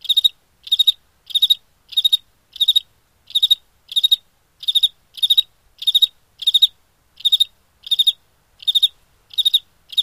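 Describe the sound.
Cricket chirps in steady bursts of three or four rapid high pulses, repeated roughly every half second against an otherwise silent background.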